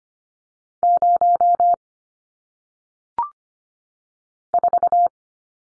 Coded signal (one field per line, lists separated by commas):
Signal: Morse code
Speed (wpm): 25 wpm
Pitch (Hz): 700 Hz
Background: none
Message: 0 4